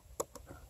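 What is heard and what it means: The recoil spring and guide rod of a Steyr M9A1 Gen4 pistol are fitted into the slide during reassembly, with the correct end toward the muzzle. A sharp metal snap at 0.2 s is followed by two fainter ticks near 0.4 s and 0.7 s. The recoil spring assembly is seated in the slide.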